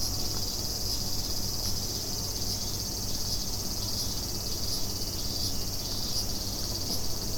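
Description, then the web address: Cicada chorus, a constant shrill buzzing wash with faint soft pulses recurring at a steady pace, over low rumbling noise. Recorded 29 July 2016. "fukudai. cicada 160729"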